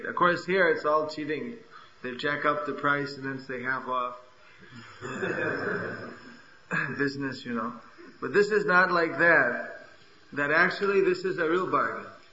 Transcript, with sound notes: Of course here it’s all cheating, they jack up the price and then say “half off.” (laughter) Business you know. But this is not like that. That actually, this is a real bargain.